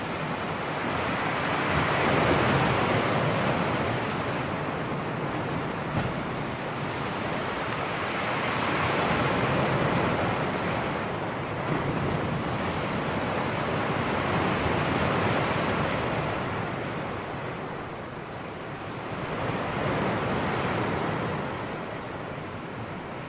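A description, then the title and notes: Sea waves roll in a steady, dense wash, swelling and easing every few seconds, with broad surges around 2, 10, 15 and 21 seconds. Sleepy Sea Waves Sounds for Deep Sleeping.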